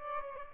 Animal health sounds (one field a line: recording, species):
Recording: mosquito wingbeat signal from an infrared sensor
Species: Aedes albopictus